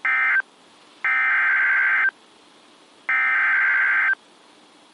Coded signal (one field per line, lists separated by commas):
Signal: Emergency Alert System (SAME) tones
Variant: header bursts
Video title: BACK TO THE MID-ATLANTIC... EAS Alerts from 7/7/21 (EAS #429-452)